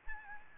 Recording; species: mosquito wingbeat signal from an infrared sensor; Aedes albopictus